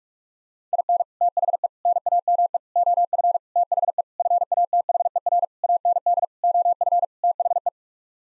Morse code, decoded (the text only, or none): IN THE NAME OF THE FATHER AND OF THE